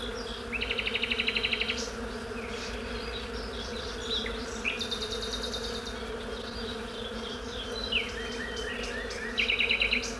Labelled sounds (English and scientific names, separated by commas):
Honey Bee (Apis mellifera)